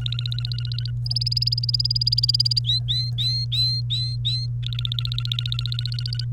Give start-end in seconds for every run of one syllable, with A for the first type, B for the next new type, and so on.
0.00-0.91 A, 1.06-2.59 B, 2.64-4.46 C, 4.63-6.25 A